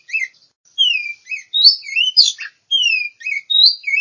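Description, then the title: Oriental magpie-robin singing a lively run of sweet descending whistles mixed with twittering notes, with short pauses between phrases. Champion singing bird. "Kicau Burung Kacer Juara"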